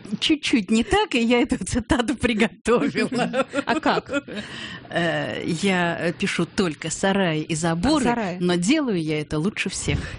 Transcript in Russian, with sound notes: Чуть-чуть не так, и я эту цитату приготовила. (Лукаво смеется)
А как?
«Я пишу только сараи и заборы, но делаю я это лучше всех».